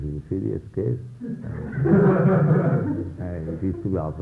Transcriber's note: laughter